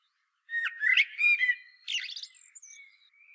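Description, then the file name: Common blackbird singing a rich whistled phrase, followed by a harsher squeaky flourish and faint trailing thin notes. "Turdus merula"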